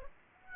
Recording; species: mosquito wingbeat signal from an infrared sensor; Aedes aegypti